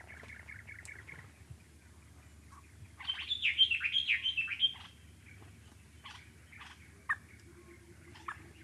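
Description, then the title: Dark-capped bulbul call, a brief series of harsh, rapid chattering notes in the middle, with faint scattered chirps before and after. Recorded in the Okavango. "intotheokavango dark capped bulbul"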